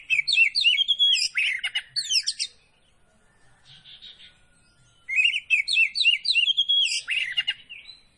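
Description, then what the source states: Oriental magpie-robin singing loud, rapid bursts of varied whistled and buzzy notes, a phrase of about two and a half seconds, a faint pause, then the phrase again. Poci variety of kacer (magpie-robin), singing vigorously in the gacor style.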